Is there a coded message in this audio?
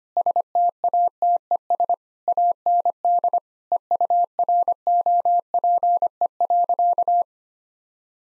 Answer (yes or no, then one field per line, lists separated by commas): yes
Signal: Morse code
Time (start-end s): 0.2-7.2 s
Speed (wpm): 25 wpm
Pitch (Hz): 700 Hz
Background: none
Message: STATES AND EUROPE.